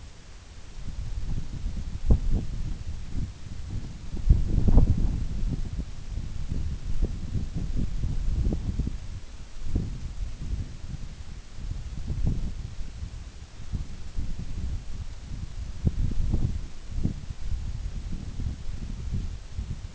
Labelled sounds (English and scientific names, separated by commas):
none